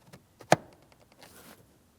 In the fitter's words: Now, after that audible click, we're paying attention to our one locking tab right along here.